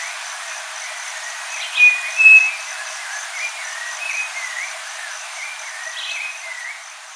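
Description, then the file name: Striped cuckoo whistling one clear two-note phrase, a plain tone followed by a slightly higher one, then faint soft chirps from other birds and a light background hiss. "Canto do saci"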